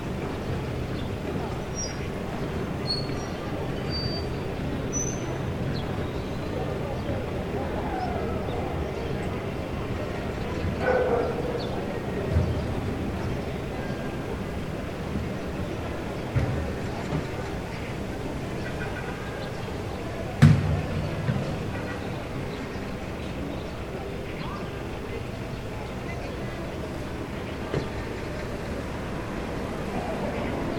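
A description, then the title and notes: Early morning in a market parking lot: a steady low hum of traffic and idling vehicles fills the scene, with faint voices mixed in. A few brief knocks and clatters stand out around 11, 12 and 20 seconds, and a dog barks. Early morning market parking lot.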